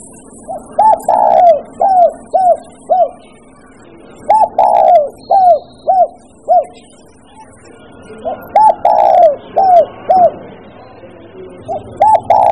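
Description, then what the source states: Bird song: short hooked whistled notes in bursts of several, with pauses between bursts, over a steady low hum and faint high ticking. Mixed birds.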